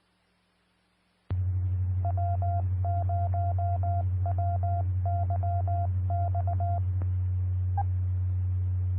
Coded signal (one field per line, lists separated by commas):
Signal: Morse code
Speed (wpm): 19 wpm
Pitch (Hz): 700 Hz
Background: none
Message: W0WYX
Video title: 2013-08-03 - Denver Area Skywarn Repeater 146.940 Mhz